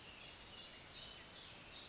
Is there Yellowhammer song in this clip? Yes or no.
no